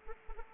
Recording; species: mosquito wingbeat signal from an infrared sensor; Anopheles arabiensis